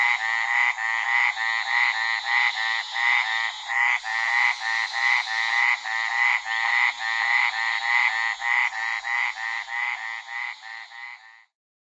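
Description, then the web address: Lowland burrowing treefrog giving a long series of pulsed croaks, steady for about eleven seconds before stopping abruptly. "Songs of Frogs Toads of North America. Lowland Burrowing Treefrog"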